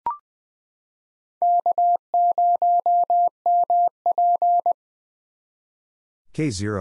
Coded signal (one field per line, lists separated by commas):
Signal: Morse code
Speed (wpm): 20 wpm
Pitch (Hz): 700 Hz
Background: none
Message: K0MP